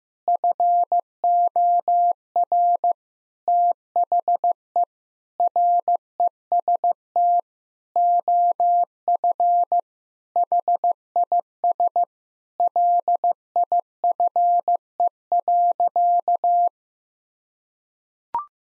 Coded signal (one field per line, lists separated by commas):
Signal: Morse code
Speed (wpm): 16 wpm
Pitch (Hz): 700 Hz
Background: none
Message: FOR THE REST OF HIS LIFE.